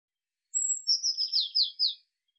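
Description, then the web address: Eurasian blue tit gives one call: a thin high whistle then five buzzy, downward-sliding churring notes, otherwise silent. "cianscape birddata Deverinetal 2025 File cleaned normalized Bird Cy Ca"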